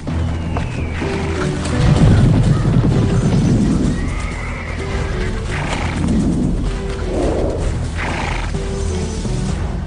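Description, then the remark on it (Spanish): A white horse neighs and whinnies several times over a steady clatter of hooves, with loud, breathy snorts between the shrill, wavering calls and a dense rumbling background throughout. “Y vi aparecer un caballo blanco.”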